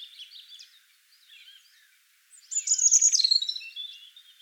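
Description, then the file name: European robin: faint, thin notes at first, then a sudden loud burst of high, tinkling trilled song. "Erithacus rubecula"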